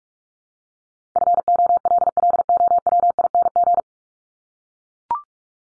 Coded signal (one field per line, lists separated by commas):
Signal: Morse code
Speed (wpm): 44 wpm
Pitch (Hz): 700 Hz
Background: none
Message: FOLLOWING